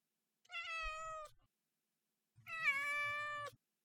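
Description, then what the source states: Cat: kitten giving two long, even meows about two seconds apart, the second slightly louder and richer, with faint low thumping underneath. Three-month-old kitten.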